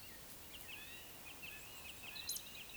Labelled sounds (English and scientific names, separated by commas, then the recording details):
Eurasian Woodcock (Scolopax rusticola) whistle, Eurasian Woodcock (Scolopax rusticola) croak
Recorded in Baden-Württemberg, Germany, on 31 May 2021 at 19:54 UTC
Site 24606, 635 m above sea level